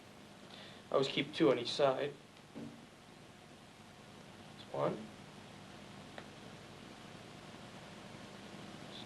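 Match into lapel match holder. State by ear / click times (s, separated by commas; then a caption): seated / 6.2 s. Someone talks while loading matches one at a time into a small match holder worn under the lapel, two on each side. A single sharp snap at 6.2 s is the match seating in the holder, a click that confirms it is in place.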